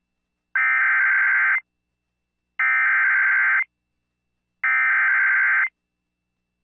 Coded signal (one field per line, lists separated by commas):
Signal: Emergency Alert System (SAME) tones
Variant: header bursts